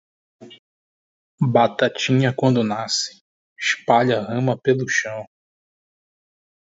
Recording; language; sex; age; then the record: short text; Brazilian Portuguese; male; 20 to 29 years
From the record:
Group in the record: control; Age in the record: 22 years